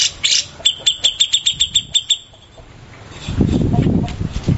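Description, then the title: Grey-cheeked Bulbul producing a quick run of evenly spaced, harsh chip notes, followed by quieter scattered notes and a low rumbling noise near the end. "Cucak Jenggot"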